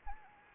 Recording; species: mosquito wingbeat signal from an infrared sensor; Anopheles arabiensis